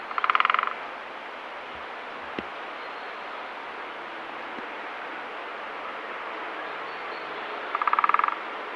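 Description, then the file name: Great spotted woodpecker drumming in two brief, rapid bursts, one at the start and one near the end, separated by a long quiet stretch with steady background hiss. Janakkala, Finland, 2009. "kapytikka janakkala"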